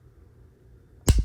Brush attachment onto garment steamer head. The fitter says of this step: So, now that it's on, we got to make sure it snaps into place just like this.